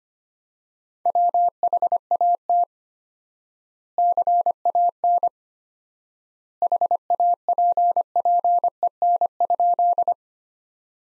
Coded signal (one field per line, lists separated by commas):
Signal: Morse code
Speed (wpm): 25 wpm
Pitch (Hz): 700 Hz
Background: none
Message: WHAT CAN HAPPEN?